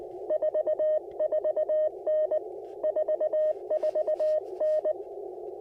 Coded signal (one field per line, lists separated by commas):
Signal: Morse code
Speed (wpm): 19 wpm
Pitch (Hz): 620 Hz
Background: radio noise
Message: 44N 44N